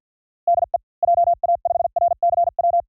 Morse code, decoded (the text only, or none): DE JA5RCW